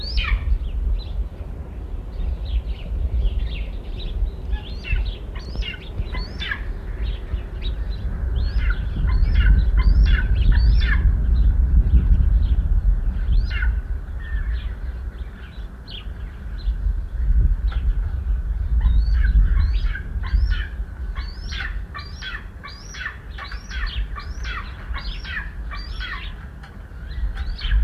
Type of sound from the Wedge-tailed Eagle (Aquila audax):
contact call